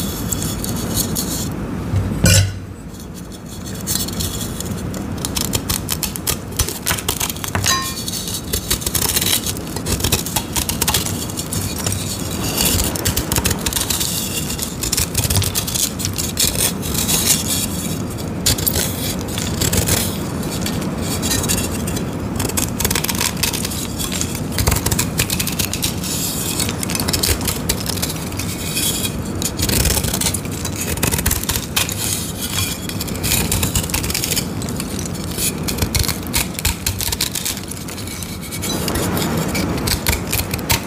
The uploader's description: shaving dyed gym chalk covered in glitter, making gym chalk thins sandwich, and crushing gym chalk shards